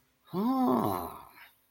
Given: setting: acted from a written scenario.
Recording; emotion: vocal sound without words; realization